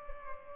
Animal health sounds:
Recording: mosquito wingbeat signal from an infrared sensor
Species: Culex pipiens

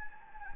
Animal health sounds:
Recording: mosquito wingbeat signal from an infrared sensor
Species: Anopheles gambiae

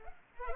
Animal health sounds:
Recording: mosquito wingbeat signal from an infrared sensor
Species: Culex pipiens

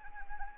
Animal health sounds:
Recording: mosquito wingbeat signal from an infrared sensor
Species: Anopheles arabiensis

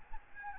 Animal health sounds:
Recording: mosquito wingbeat signal from an infrared sensor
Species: Aedes albopictus

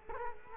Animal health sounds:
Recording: mosquito wingbeat signal from an infrared sensor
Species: Culex quinquefasciatus

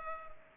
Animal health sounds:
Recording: mosquito wingbeat signal from an infrared sensor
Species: Culex pipiens

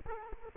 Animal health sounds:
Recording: mosquito wingbeat signal from an infrared sensor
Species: Culex quinquefasciatus

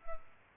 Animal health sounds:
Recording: mosquito wingbeat signal from an infrared sensor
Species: Culex pipiens

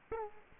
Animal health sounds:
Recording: mosquito wingbeat signal from an infrared sensor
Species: Culex quinquefasciatus

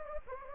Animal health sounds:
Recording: mosquito wingbeat signal from an infrared sensor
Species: Anopheles gambiae

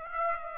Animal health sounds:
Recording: mosquito wingbeat signal from an infrared sensor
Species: Aedes aegypti

